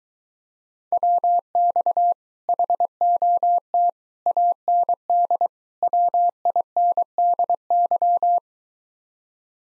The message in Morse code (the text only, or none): WX HOT AND WINDY